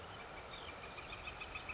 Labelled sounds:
Northern Flicker (Colaptes auratus)
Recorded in Sonoma County, California

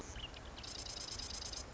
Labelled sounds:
Marsh Wren (Cistothorus palustris)
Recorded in Sonoma County, California

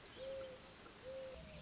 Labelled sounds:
Mourning Dove (Zenaida macroura)
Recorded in Sonoma County, California

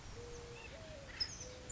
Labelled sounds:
Mourning Dove (Zenaida macroura)
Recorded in Sonoma County, California

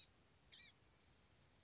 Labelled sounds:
Blue-gray Gnatcatcher (Polioptila caerulea)
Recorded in Sonoma County, California

